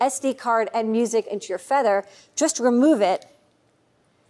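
A microSD card is being handled for insertion into the push-push microSD slot on the end of a small audio add-on board, while someone talks throughout. The clip ends before the card goes in, and nothing has seated or clicked yet.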